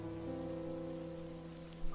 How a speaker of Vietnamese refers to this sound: Mưa rơi nặng hạt ngày càng to hơn, phủ một lớp màu dày đặc lên căn biệt thự 4 tầng rộng rãi.